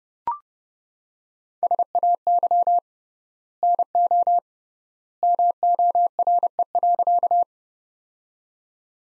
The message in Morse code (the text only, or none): SAY NO MORE.